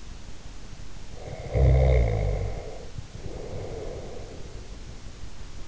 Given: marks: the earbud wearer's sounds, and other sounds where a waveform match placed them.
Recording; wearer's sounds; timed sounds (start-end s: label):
sounds in sleep by an in-ear microphone; snoring breath
1.28-4.73 s: snoring breath